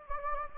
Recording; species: mosquito wingbeat signal from an infrared sensor; Anopheles gambiae